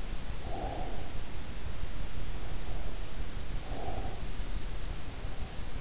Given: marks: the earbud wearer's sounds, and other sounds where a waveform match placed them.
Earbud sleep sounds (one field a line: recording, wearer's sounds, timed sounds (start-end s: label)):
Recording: sounds in sleep by an in-ear microphone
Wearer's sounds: breath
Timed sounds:
0.23-1.16 s: breath
3.62-4.56 s: breath